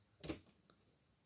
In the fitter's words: Snaps right in.